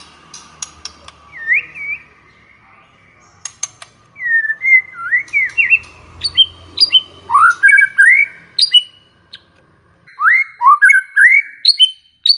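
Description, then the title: White-rumped shama song: bursts of clear whistled and upslurred notes with high squeaky accents, broken by pauses, over faint low background noise. Lure recording of a vigorously singing bird, meant to draw a quick response. "MURAI BATU GACOR"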